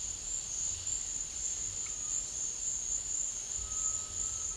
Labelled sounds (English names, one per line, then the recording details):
none
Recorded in dense forest near Puerto Asís, Putumayo, Colombia, on 22 December 2024 at 11:00
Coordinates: 0.484, -76.325
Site G056